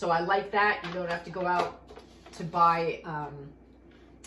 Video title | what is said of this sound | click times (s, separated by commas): Comparing our Coffeemakers - Both Very Good, but Very Different | and then this is supposed to click into place it's never clicked into place since I bought it | none